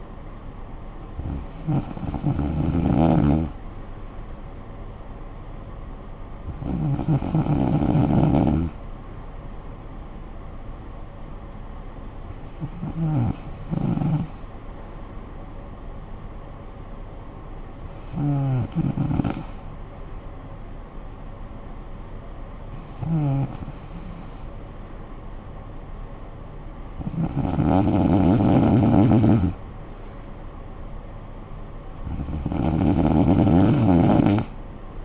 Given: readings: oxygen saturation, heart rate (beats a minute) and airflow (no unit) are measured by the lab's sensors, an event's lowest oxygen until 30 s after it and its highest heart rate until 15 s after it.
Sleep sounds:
breathing in sleep by a smartphone at the bedside; none
none scored
From the record:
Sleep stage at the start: N2 (light sleep); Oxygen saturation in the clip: 94 to 95%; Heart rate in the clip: 49 to 58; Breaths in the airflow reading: 7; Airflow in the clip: -9.5 to 6.0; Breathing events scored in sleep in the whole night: 445 in 7.6 hours asleep

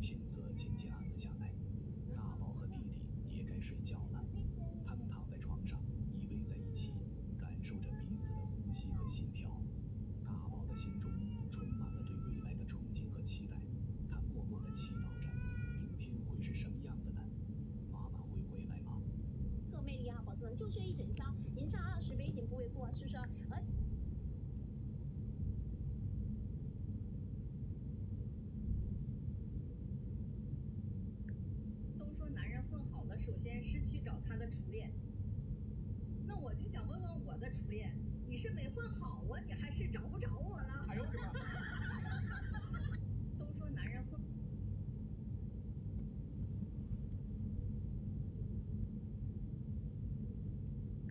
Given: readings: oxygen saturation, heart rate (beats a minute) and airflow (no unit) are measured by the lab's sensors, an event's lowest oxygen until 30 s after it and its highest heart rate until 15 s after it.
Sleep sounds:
a person awake in a sleep study, by a smartphone at the bedside; none
0.00-51.11 s: awake
From the record:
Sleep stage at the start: awake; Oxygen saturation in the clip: 95 to 96%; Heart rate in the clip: 66 to 72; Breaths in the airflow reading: 10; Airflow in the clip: -3.1 to 4.5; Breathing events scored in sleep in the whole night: 131 in 7.2 hours asleep

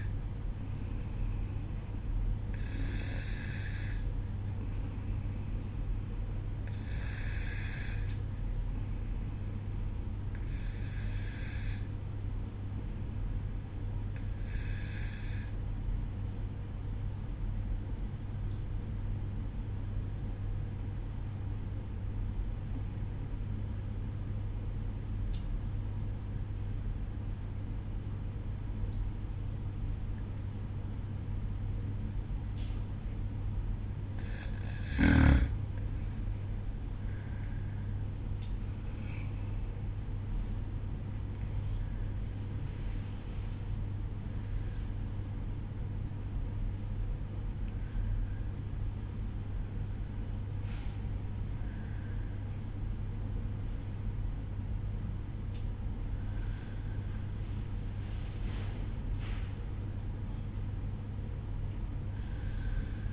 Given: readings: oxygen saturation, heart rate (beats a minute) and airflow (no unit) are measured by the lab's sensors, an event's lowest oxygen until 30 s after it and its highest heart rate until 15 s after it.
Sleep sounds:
breathing in sleep by a smartphone at the bedside; 1
21.00-34.40 s: obstructive apnea (N2, oxygen 94% highest, then 92% lowest, heart rate 54 at the start, 66 highest)
51.00-63.13 s: new sleep stage, N1 (lightest sleep)
From the record:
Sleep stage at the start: N2 (light sleep); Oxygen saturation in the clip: 92 to 94%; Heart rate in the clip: 51 to 66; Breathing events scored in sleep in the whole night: 305 in 9.6 hours asleep

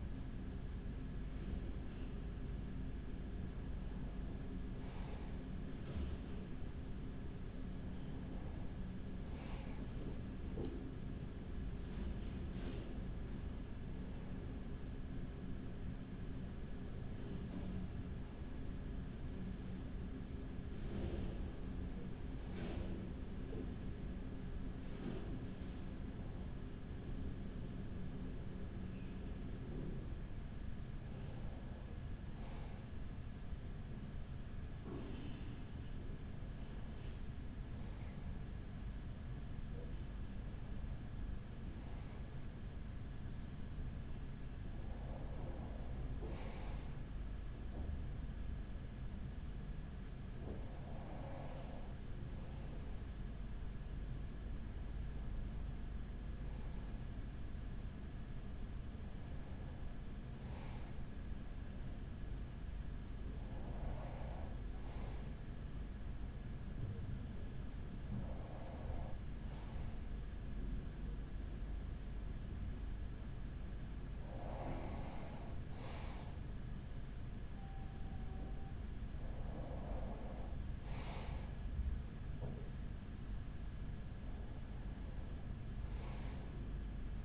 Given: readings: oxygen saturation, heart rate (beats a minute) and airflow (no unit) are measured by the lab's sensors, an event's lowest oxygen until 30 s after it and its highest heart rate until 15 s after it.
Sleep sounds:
breathing in sleep by a smartphone at the bedside; none
none scored
From the record:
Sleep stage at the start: N1 (lightest sleep); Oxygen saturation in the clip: 95 to 96%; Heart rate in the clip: 40 to 56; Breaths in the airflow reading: 18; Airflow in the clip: -6.4 to 4.9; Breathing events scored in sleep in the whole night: 207 in 7.6 hours asleep

